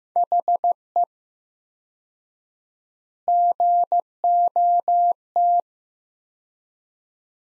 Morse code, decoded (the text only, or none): HE GOT